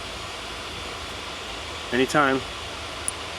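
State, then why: Seated. A yellow wire's terminal, with its shark fin at the top, is slid into spot two of a plastic connector housing for the wiring of a factory Ford heated steering wheel being installed in a 2020 F-150. Over steady background noise, someone talks briefly around 2 seconds. A short, sharp click comes at 3.1 seconds as the terminal seats in the housing.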